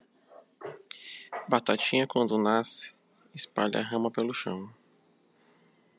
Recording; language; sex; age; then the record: short text; Brazilian Portuguese; male; 20 to 29 years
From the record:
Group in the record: control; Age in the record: 22 years